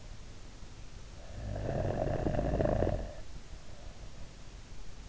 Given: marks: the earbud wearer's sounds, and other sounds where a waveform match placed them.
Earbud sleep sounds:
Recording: sounds in sleep by an in-ear microphone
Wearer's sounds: snoring breath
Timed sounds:
0.95-4.05 s: snoring breath

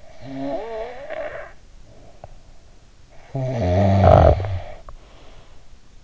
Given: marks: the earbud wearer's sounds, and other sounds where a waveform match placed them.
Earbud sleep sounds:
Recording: sounds in sleep by an in-ear microphone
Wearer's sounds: breath, teeth grinding, snoring breath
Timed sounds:
0.00-2.80 s: breath
2.11-2.47 s: teeth grinding
2.97-5.65 s: snoring breath

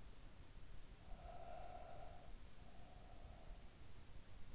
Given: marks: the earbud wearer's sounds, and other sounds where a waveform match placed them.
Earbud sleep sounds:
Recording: sounds in sleep by an in-ear microphone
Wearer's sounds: breath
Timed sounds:
0.97-4.12 s: breath

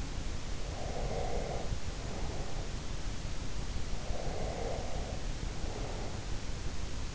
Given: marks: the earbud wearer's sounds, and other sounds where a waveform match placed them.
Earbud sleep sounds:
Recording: sounds in sleep by an in-ear microphone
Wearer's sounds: breath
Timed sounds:
0.64-2.66 s: breath
4.01-6.16 s: breath

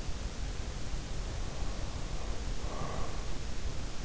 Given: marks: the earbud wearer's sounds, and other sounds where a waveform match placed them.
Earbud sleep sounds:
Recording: sounds in sleep by an in-ear microphone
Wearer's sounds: breath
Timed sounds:
0.94-3.27 s: breath

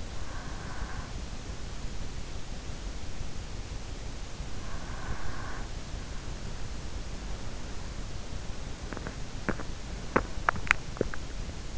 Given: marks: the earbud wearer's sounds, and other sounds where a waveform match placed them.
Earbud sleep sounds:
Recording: sounds in sleep by an in-ear microphone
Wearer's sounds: breath, teeth grinding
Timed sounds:
0.00-1.85 s: breath
4.25-6.26 s: breath
9.10-11.78 s: teeth grinding

